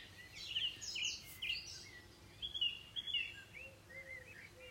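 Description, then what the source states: Birds singing: several high chirps and short whistled phrases from a few birds, overlapping softly. Recorded 21 June 2020.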